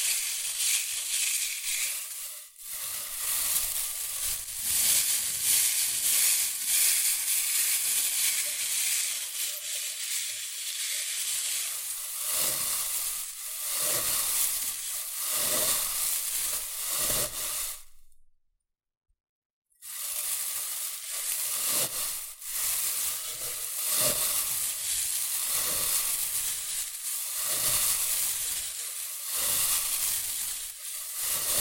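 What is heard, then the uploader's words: Dense, bright rustling and crinkling runs almost continuously, hissy, with brief dips and a full silence around nineteen seconds. ASMR Rustling and Crinkle Sounds.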